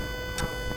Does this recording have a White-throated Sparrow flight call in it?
no